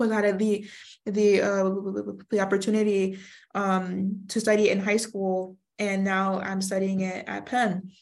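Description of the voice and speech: Young adult woman, a university neuroscience student, who stutters, speaking with repeated and drawn-out words ("the the uh, the"), repeated syllables and fillers such as "uh" and "um", with short pauses between phrases.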